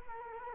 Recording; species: mosquito wingbeat signal from an infrared sensor; Culex quinquefasciatus